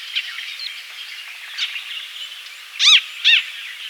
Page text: Crested Treeswift Calls. Quick Sounds